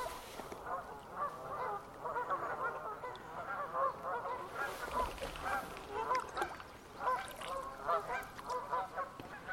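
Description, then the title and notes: Canada goose: Canada geese honking as a large group, a thick wash of nasal calls swelling and easing, with a few clicks. Flock of about 300 beginning an evening chorus on a stretch of the River Wye in Herefordshire, recorded while paddleboarding. "a stretch of the River Wye in Herefordshire, where a flock of about 300 Canada geese begin an extraordinary evening chorus"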